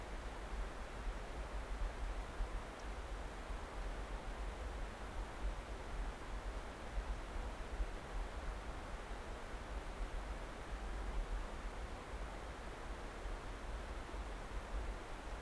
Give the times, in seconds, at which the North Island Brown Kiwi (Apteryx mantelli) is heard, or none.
none